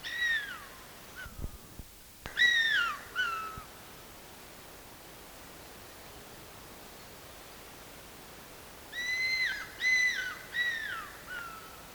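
Madagascar cuckoo-hawk giving downslurred whistled notes in short bursts, then a long quiet pause before another series of three or four descending whistles.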